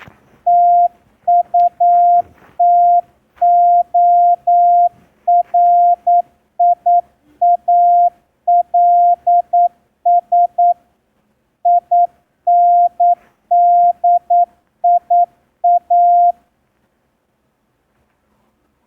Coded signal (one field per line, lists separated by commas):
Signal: Morse code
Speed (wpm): 9 wpm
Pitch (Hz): 700 Hz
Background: none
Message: TUTORIALS INDIA